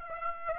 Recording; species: mosquito wingbeat signal from an infrared sensor; Aedes aegypti